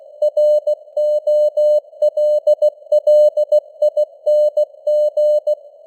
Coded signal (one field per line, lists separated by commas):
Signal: Morse code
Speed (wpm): 16 wpm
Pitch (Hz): 600 Hz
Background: none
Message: ROLLING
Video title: Morse Code News | 2025-12-16 | 16wpm